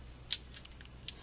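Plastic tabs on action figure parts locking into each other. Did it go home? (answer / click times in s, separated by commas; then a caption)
yes / 0.3 s, 1.1 s. Plastic tabs on a transforming Optimus Prime action figure from Fall of Cybertron are pressed together during transformation. Two sharp plastic clicks at 0.3 s and 1.1 s show the tabs locking into place, with fainter small ticks between them.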